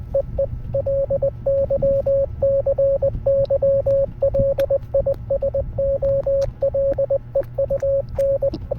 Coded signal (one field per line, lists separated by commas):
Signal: Morse code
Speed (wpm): 20 wpm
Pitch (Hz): 550 Hz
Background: radio noise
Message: EE LYCYL ISOLEUN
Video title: longest Morse code